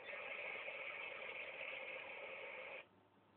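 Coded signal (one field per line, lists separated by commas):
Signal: dial-up modem handshake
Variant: 56k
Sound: steady harsh broadband hiss for about three seconds, then it cuts off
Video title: 56k modem accepting incoming call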